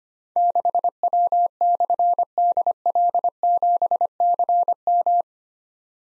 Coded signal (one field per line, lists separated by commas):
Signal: Morse code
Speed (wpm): 25 wpm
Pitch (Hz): 700 Hz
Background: none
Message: 6W/DL7CM